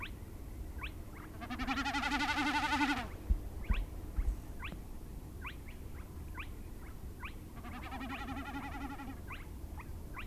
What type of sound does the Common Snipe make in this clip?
bleating